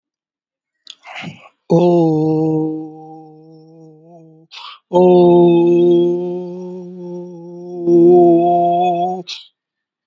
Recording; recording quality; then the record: sustained vowel as in boot; excellent, no background noise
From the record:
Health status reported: COVID-19 positive, mild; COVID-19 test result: positive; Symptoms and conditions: cough, breathing difficulty, fever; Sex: male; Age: 38 years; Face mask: worn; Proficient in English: yes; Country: India